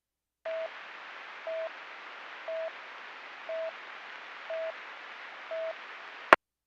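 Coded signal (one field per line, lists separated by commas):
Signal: none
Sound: radio channel alert beeps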